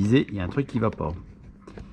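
Someone talks while fitting a plastic rear reflector into the rear bumper cover of a Model 3 or Model Y. The speech fades after about 1.2 s into quiet handling noise, with two faint short ticks near 1.7 s and 1.8 s. The reflector has not clipped into place yet.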